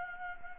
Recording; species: mosquito wingbeat signal from an infrared sensor; Anopheles gambiae